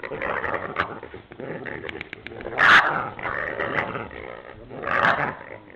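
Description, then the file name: Peccary grunts and harsh rasping calls, several rough bursts overlapping, with two louder squealing bursts near the middle and end. "zvuki pekari"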